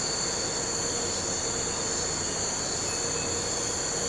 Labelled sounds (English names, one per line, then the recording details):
none
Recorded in pastures near Puerto Asís, Putumayo, Colombia, on 4 March 2025 at 04:00
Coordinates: 0.466, -76.322
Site CSA-02